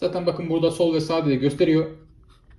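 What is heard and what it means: Someone talks while handling a TaoTronics SoundLiberty 53 PRO wireless earbud that is about to go into its plastic charging case. After the talk fades, two faint ticks are heard near 2.2 and 2.4 seconds. The earbud has not seated into its slot yet.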